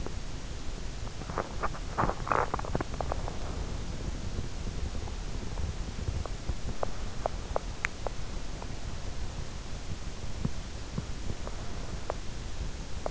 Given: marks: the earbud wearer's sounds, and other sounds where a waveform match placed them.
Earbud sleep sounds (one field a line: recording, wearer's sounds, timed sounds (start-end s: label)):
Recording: sounds in sleep by an in-ear microphone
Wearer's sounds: teeth grinding, swallowing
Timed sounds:
0.00-8.77 s: teeth grinding
2.00-3.12 s: swallowing
9.22-13.11 s: teeth grinding